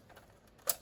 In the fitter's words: Clicks back into place.